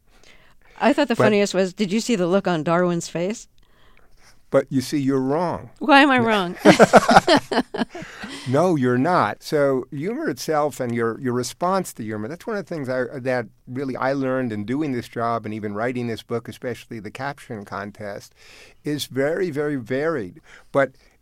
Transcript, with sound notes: I thought the funniest was did you see the look on Darwin's face?
But you see, you're wrong.
Why am I wrong?
(LAUGHTER)
No, you're not. So humor itself and your response to humor - that's one of the things that, really, I learned in doing this job and even writing this book - especially the caption contest - is very, very varied.